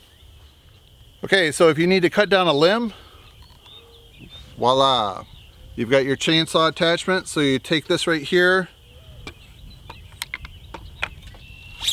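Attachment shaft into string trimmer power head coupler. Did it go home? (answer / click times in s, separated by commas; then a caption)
yes / 11.0 s. Someone talks, then the chainsaw attachment shaft is pushed into the quick-lock coupler on the power head of a Milwaukee M18 Fuel Quik-Lok string trimmer. Short handling ticks from about 9.3 to 10.5 s lead to a sharp click at 11.0 s as the shaft seats in the coupler, and it is then tightened down.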